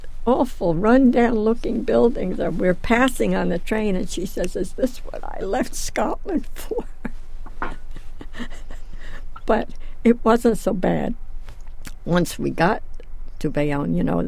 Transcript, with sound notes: awful rundown looking buildings we're passing on the train and she says, "Is this what I left Scotland for?" [Laughs] But it wasn't so bad once we got to Bayonne, you know.